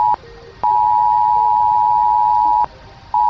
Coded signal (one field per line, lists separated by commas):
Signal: Emergency Alert System (SAME) tones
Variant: 853 and 960 Hz attention tone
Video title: Chile eas alarm 2021 🇨🇱